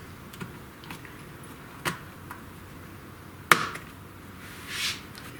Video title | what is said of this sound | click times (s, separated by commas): NEW 2023 How to Repair a DEAD Laptop Computer for $50 | hear it popping off | 3.5 s